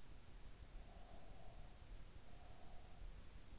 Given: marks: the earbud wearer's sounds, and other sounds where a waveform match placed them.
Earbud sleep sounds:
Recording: sounds in sleep by an in-ear microphone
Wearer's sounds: breath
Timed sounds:
0.58-3.36 s: breath

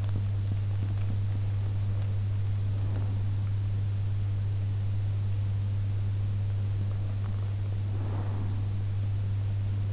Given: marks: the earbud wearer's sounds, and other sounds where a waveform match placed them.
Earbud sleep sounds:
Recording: sounds in sleep by an in-ear microphone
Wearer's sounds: teeth grinding, breath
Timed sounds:
0.00-1.52 s: teeth grinding
7.77-8.81 s: breath

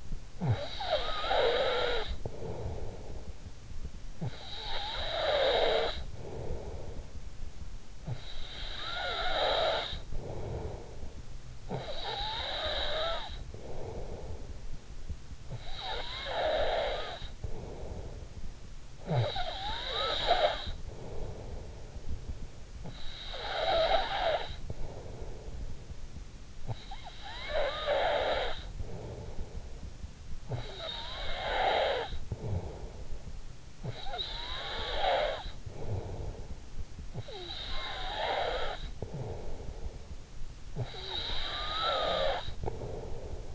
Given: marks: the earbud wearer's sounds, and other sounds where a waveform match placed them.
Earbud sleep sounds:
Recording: sounds in sleep by an in-ear microphone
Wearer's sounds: snoring breath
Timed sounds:
0.00-43.55 s: snoring breath

